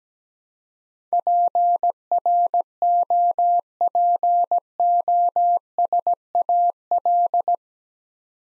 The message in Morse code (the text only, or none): PROPOSAL